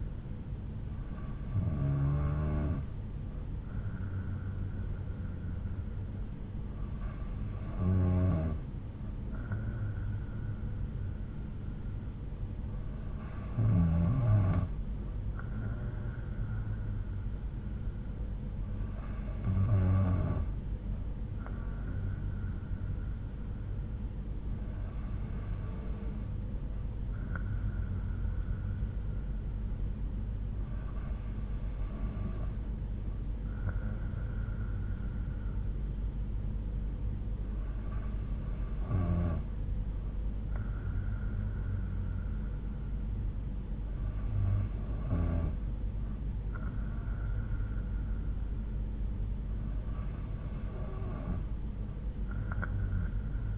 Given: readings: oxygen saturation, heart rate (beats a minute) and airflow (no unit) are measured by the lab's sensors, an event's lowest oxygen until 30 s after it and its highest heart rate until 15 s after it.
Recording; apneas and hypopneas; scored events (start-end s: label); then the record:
breathing in sleep by a smartphone at the bedside; none
none scored
From the record:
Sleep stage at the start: N2 (light sleep); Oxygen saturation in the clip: 92 to 93%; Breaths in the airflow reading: 9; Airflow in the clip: -4.9 to 3.4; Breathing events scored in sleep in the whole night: 368 in 8.0 hours asleep